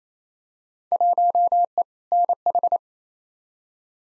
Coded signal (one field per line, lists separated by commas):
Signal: Morse code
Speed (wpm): 28 wpm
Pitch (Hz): 700 Hz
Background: none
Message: 1E NH